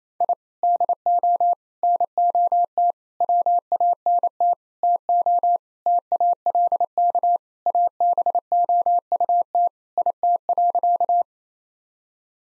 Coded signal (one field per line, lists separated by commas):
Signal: Morse code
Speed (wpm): 28 wpm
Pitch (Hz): 700 Hz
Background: none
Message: I DO NOT WANT TO TALK ABOUT IT.